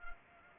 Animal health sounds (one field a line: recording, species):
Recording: mosquito wingbeat signal from an infrared sensor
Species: Culex pipiens